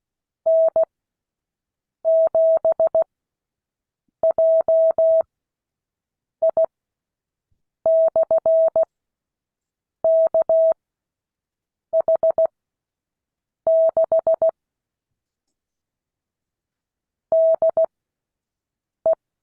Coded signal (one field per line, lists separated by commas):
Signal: Morse code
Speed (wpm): 16 wpm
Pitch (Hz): 650 Hz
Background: none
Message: N7JI/KH6 DE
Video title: Morse code class 2022 11 21